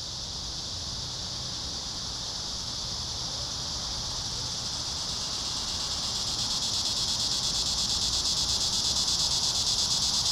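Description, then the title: Cicadas in a high buzzing chorus that grows louder and more strongly pulsed toward the end. Several cicadas in a park. "neoscenes: cicadas in the park"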